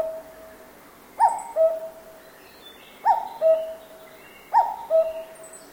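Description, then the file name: Cuckoo giving its two-note falling cuck-oo three times, each pair a higher note then a lower held one, with soft background hiss. Cuckoo call in a forest in Japan. "BIRD CUCKOO CALL JAPAN FOREST"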